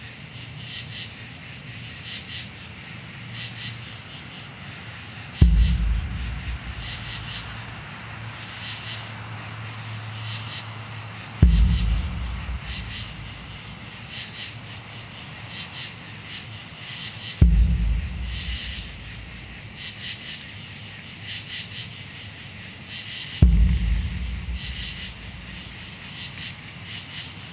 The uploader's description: The outside sounds are from my backyard on a warm summer night. I'm not sure if those are bugs or frogs, but you can hear two loud creatures singing back and forth to each other.